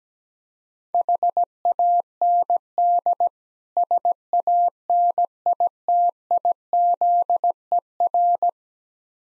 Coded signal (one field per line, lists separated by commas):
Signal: Morse code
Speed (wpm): 17 wpm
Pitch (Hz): 700 Hz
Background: none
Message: HAND SANITIZER